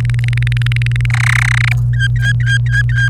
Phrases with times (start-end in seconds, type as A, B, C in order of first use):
0.00-1.06 A, 1.10-1.72 B, 1.93-3.09 C